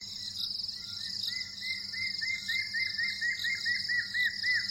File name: Golosa ptic - Kapskaya avdotka Burhinus capensis